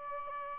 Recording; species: mosquito wingbeat signal from an infrared sensor; Aedes albopictus